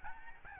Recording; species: mosquito wingbeat signal from an infrared sensor; Aedes albopictus